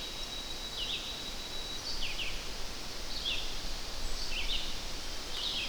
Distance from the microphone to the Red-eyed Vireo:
about 40 m